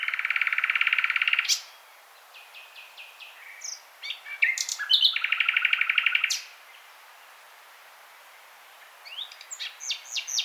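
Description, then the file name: Common nightingale with a dry, buzzy rattle lasting over a second, a pause, scattered clear notes, another long buzzing rattle, then quieter rising chirps near the end. "Luscinia megarhynchos"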